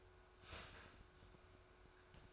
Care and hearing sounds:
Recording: daily activity, microphone in the room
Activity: start toaster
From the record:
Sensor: 2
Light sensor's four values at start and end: 3/9/3/3 and 3/9/3/3

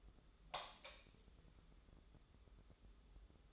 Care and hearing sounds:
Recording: daily activity, microphone in the room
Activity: light on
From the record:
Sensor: 3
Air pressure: 995.3 hPa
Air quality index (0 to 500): 82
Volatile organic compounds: 7 ppm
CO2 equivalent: 1972 ppm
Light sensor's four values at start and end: 8/19/8/7 and 11/28/11/11

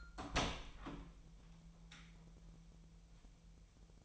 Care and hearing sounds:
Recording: daily activity, microphone in the room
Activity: open door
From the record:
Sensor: 1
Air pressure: 1001.4 hPa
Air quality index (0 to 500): 249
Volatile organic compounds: 126 ppm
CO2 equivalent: 3907 ppm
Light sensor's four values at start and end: 12/29/12/13 and 13/31/13/14

